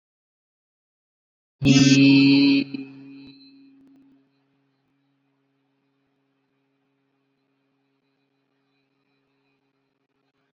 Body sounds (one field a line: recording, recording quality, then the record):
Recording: sustained vowel as in beet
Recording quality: moderate, slight background noise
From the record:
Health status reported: exposed to COVID-19, no respiratory illness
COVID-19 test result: not tested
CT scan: not taken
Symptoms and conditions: none ticked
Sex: male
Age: 24 years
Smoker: no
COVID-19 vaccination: both doses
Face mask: worn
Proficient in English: yes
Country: India